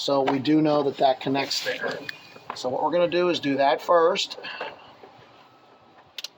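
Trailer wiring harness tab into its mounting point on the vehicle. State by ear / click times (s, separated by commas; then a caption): seated / 6.2 s. A plastic tab on the trailer wiring harness is pushed onto its mating mount on a 2024 Hyundai Santa Cruz during a trailer hitch wiring and receiver install. Someone talks for most of the clip, then after a quiet stretch two sharp clicks at 6.2 s and 6.3 s mark the tab snapping into place, confirmed as seated.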